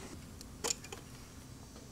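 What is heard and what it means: A wiring harness connector is pushed onto an engine cam sensor and stops without latching, giving only a few small ticks, including a brief louder tick burst around 0.7 s, over a low steady background hum. Nothing has seated or clicked; the connector is not all the way in.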